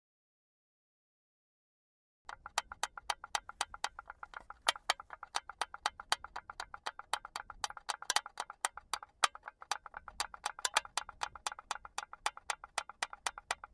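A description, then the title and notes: Empty aluminum cans are handled, producing a fast, fairly regular run of sharp metallic clicks and taps, about three or four per second. The sound starts abruptly after two seconds of silence and continues without pause, with a faint low rumble underneath. I recorded the sounds Enrico produced from manipulating empty aluminum cans. On the crest of a hill we found an almost anechoic slope, populated by dense tall grass. We wanted the recording to be “pure” – as dry and close up as possible.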